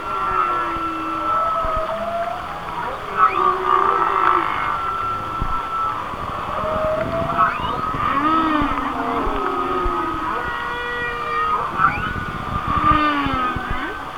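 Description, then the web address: Whale song of repeated sliding moans and short upsweeping cries, interspersed with faint pulsed clicks, layered over steady background hiss. "Natures Songs Whale Songs Whale Songs- Mike Mc Donald"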